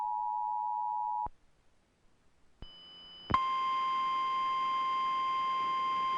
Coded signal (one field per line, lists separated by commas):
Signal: Emergency Alert System (SAME) tones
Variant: 853 and 960 Hz attention tone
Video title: Top 10 EMERGENCY ALERT SYSTEMS INTERRUPTIONS